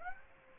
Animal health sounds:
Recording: mosquito wingbeat signal from an infrared sensor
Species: Aedes aegypti

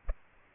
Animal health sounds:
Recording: mosquito wingbeat signal from an infrared sensor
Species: Aedes aegypti

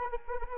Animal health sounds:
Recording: mosquito wingbeat signal from an infrared sensor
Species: Anopheles arabiensis

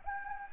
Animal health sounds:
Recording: mosquito wingbeat signal from an infrared sensor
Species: Anopheles gambiae

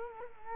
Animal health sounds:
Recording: mosquito wingbeat signal from an infrared sensor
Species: Culex quinquefasciatus

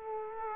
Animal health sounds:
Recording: mosquito wingbeat signal from an infrared sensor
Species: Culex quinquefasciatus

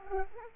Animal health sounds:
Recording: mosquito wingbeat signal from an infrared sensor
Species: Culex quinquefasciatus

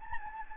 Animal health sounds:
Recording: mosquito wingbeat signal from an infrared sensor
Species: Anopheles gambiae

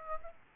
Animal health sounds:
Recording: mosquito wingbeat signal from an infrared sensor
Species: Aedes aegypti

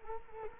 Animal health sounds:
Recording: mosquito wingbeat signal from an infrared sensor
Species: Culex quinquefasciatus

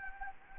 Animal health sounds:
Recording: mosquito wingbeat signal from an infrared sensor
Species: Anopheles arabiensis

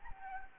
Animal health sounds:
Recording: mosquito wingbeat signal from an infrared sensor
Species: Anopheles arabiensis

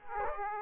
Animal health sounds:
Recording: mosquito wingbeat signal from an infrared sensor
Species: Aedes aegypti

